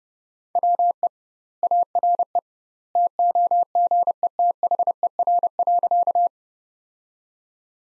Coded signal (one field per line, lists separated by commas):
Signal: Morse code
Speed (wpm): 30 wpm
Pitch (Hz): 700 Hz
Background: none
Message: WE ARE TOGETHER.